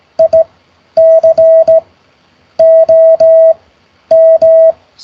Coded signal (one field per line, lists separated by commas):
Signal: Morse code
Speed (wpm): 16 wpm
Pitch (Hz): 650 Hz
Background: none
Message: ICOM